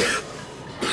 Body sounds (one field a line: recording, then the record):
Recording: coughing mixed with background sound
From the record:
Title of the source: 64 coughing, allergies, singing lungs